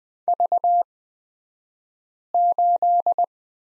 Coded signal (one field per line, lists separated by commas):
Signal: Morse code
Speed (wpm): 20 wpm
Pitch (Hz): 700 Hz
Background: none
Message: V8